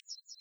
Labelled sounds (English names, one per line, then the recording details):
Yellowhammer song
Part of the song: start
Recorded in the Czech Republic on 5 July 2013
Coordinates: 50.327, 13.527
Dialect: BD
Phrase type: H13
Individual 314826